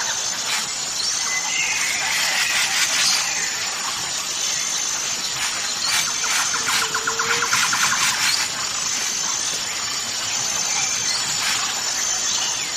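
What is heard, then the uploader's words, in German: Several birds sing at once, their bright overlapping calls forming a steady, dense chorus, with a thin high whine running throughout and brief chirp bursts. Harmonische Vogelsymphonie. Die einzigartigen Gesänge verschiedener Vogelarten verschmelzen zu einer beruhigenden Melodie.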